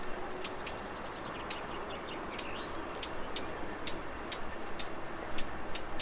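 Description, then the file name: Eurasian blackcap giving dry ticking tack notes, sparse at first then more regular, with a few soft chirps and low background rumble. "Sylvia atricapilla"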